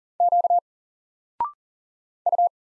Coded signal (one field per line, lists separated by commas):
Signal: Morse code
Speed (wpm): 40 wpm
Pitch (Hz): 700 Hz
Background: none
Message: Q U